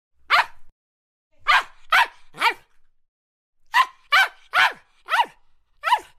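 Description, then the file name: Poodle yapping in short, high, sharp barks, one bark, then a burst of three, a brief pause, then five more in quick uneven succession. "poodle Dog"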